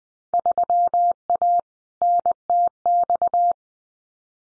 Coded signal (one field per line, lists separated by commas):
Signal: Morse code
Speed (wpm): 20 wpm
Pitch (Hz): 700 Hz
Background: none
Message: 3A NTX